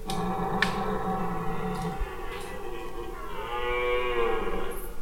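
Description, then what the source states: Red deer stag roaring in low, harmonic-rich bellows, a drawn-out groan rising then falling in the second half. Stags' vocal contests during the autumn rut in a French forest at night, around 11 pm, growing more intense as the moon rises.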